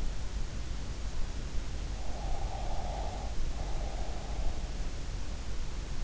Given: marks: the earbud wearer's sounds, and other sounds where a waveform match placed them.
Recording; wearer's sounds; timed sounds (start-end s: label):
sounds in sleep by an in-ear microphone; breath
2.29-4.11 s: breath